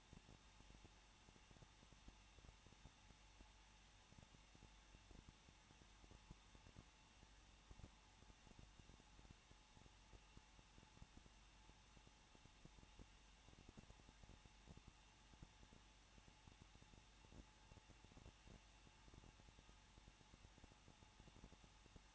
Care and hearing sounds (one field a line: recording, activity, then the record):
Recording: daily activity, microphone in the room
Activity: no activity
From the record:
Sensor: 1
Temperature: 20.1 degrees Celsius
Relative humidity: 39.2%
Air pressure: 1006.3 hPa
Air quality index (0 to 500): 218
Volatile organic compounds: 78 ppm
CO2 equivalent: 3588 ppm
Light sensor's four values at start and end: 1/2/1/1 and 1/2/1/1